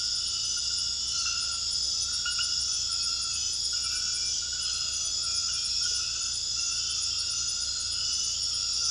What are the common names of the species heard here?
none